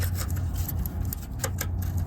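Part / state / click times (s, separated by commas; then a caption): light wiring harness connector into mating plug on rear bumper / not seated / none. A lighting wiring harness connector is handled near its mating plug on the rear chrome bumper of a 2011 Chevy Colorado pickup, producing low rumbling noise and a few short, sharp plastic ticks. Nothing has seated or clicked yet; the connector is not yet home.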